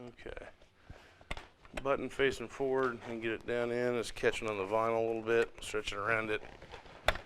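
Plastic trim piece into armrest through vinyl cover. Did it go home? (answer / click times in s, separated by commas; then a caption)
yes / 7.1 s. A plastic armrest trim piece is fitted through the vinyl seat cover of a 2015–2019 Ford Transit; the vinyl is stretched around it and the piece is turned clockwise while someone talks. At 7.1 s it snaps into place with a short, sharp click, and the trim piece is seated.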